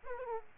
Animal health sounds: mosquito wingbeat signal from an infrared sensor; Aedes aegypti

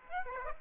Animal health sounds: mosquito wingbeat signal from an infrared sensor; Aedes aegypti

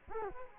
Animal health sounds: mosquito wingbeat signal from an infrared sensor; Culex quinquefasciatus

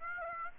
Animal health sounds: mosquito wingbeat signal from an infrared sensor; Aedes aegypti

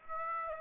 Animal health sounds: mosquito wingbeat signal from an infrared sensor; Aedes aegypti

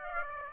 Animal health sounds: mosquito wingbeat signal from an infrared sensor; Aedes aegypti

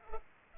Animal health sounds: mosquito wingbeat signal from an infrared sensor; Culex pipiens

